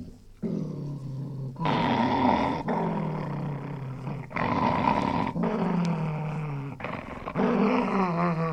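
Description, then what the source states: Spaniel snarling: long continuous growls in several bouts, with a low steady undertone and raspy, wavering upper harmonics. Angry spaniel snarling.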